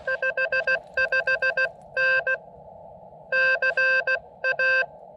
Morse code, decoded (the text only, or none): 55N CA